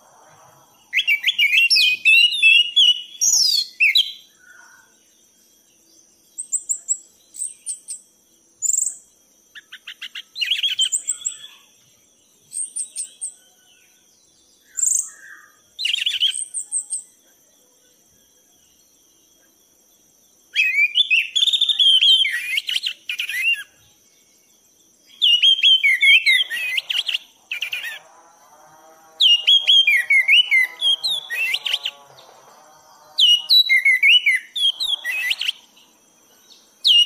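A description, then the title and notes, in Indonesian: A thrush sings in bright, varied phrases, quick chattering runs and clear whistled notes, broken by short pauses. The bursts come every few seconds, denser near the start and after the twentieth second, loud against a silent background with a faint steady high tone. Anis gacor teler. Suara burung.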